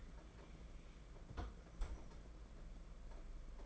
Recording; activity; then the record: daily activity, microphone in the room; close fridge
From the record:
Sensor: 5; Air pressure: 992.0 hPa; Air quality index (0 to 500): 200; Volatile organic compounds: 1000 ppm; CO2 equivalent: 5766 ppm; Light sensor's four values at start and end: 29/97/36/38 and 28/99/36/38